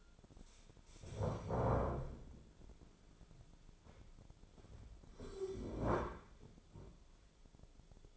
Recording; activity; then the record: daily activity, microphone in the room; stand up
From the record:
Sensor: 5